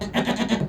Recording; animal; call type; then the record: contact call of a hoofed animal; goat; low-frequency (closed-mouth) or high-frequency (open-mouth) call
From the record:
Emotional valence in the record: negative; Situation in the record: food frustration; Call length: 0.68 s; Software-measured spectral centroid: 2220 Hz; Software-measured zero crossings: 1770 a second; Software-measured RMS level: -24 dBFS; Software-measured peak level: -10 dBFS